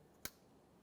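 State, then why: Seated. A plastic wiring harness connector on a 2008–2017 Mitsubishi Lancer is pushed onto the mass airflow sensor with its locking tab on top. A single sharp, short click comes at 0.3 seconds against a quiet background. The connector seats, and it is then given a light tug to confirm it is locked.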